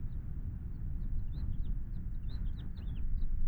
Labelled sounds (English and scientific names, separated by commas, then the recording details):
House Finch (Haemorhous mexicanus) song
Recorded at Wantagh on Long Island, New York, on 21 May 1975
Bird G